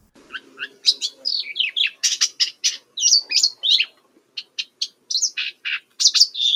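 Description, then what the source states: Blyth's Reed Warbler song, a rapid varied series of high chattering and whistled notes with short pauses. Recorded at Chokpak, Kazakhstan, in early spring on 2 May; possibly a newly arrived singing migrant.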